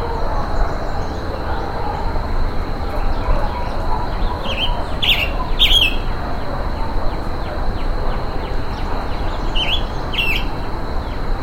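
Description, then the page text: Roadside hawk calls: short, harsh, buzzy notes in two bursts, over a steady high-pitched whine and constant low background noise. Calls while being mobbed in humid tropical forest. "Calls of a Roadside Hawk as it is being mobbed in humid tropical forest."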